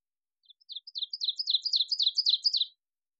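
Ovenbird singing a crescendo of rapid, repeated two-part chips, starting soft and swelling to a loud finish before stopping.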